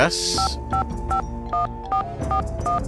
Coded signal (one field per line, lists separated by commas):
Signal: DTMF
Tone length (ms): 110 ms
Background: speech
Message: 5551441